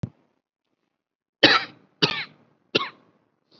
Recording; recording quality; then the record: shallow voluntary cough; excellent, no background noise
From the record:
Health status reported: COVID-19 positive, mild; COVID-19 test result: positive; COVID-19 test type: RT-PCR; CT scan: not taken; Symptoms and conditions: none ticked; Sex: male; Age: 26 years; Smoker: no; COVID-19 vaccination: one dose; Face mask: worn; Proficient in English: yes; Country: India